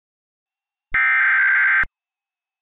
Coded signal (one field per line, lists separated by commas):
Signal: Emergency Alert System (SAME) tones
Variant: header bursts